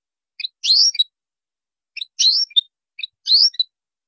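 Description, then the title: White-rumped shama: high, scratchy chirping calls given three times, with short sharp notes around each burst. Training song used to teach caged birds to sing. "MURAI BATU LABAIK"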